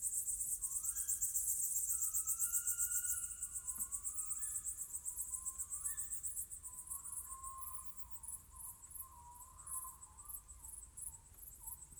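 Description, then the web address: Crickets keep up a fast, high pulsing chorus, loudest in the first few seconds, while lower drawn-out wavering calls sound beneath them. Summer night ambience with crickets. "Crickets_owls_summer night. Ivo Vicic - Natural ambiences vol 1"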